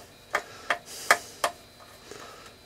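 While the old power supply mounting of a Kenwood TS-940S radio is being taken apart, a screw in the power supply chassis is turned, but it is stripped and slips without turning. Four sharp ticks sound at 0.4, 0.7, 1.1 and 1.4 seconds, and the screw stays stuck.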